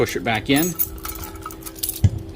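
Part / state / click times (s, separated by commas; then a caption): locking pin into trailer hitch lock body / seated / 1.8 s. Someone talks as the steel locking pin of a trailer hitch lock is pushed back into the lock body, with metallic clinks. A click at 1.8 seconds marks the pin locking in place.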